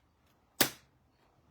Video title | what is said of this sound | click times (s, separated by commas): Level up your stamping: Easy tricks for better impressions. | So, you'll hear a little snap and that's closed. | 0.6 s